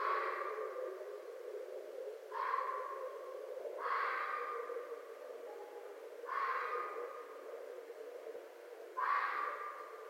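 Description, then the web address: Red fox giving a series of five rasping barks at uneven intervals, over a steady low rushing background noise. Recorded 4 May 2011. "Red Fox 2011 05 04 Red Fox"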